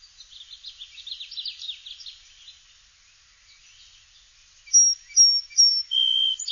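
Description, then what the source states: Song sparrow song: rapid buzzy notes and trills early on, then a pause and four clear, sustained whistles near the end. Song switching.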